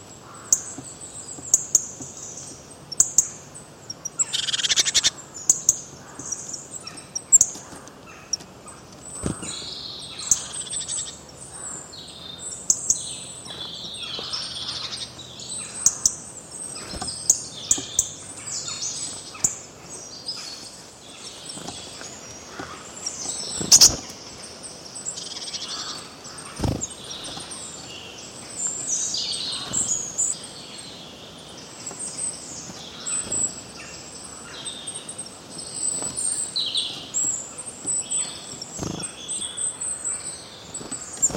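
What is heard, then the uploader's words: Birds chirp almost continuously in a dense, high, overlapping chorus of quick twittering calls. A faint low rumble sits underneath, broken by occasional sharp clicks or taps, the loudest near 24 seconds. Birds Chirping Sounds. Bird nature.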